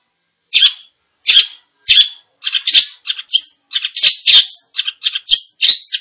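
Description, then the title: Long-tailed shrike song opening with three spaced harsh rasps, then quickening into a varied stream of scratchy notes and whistles. "Cendet Gacor"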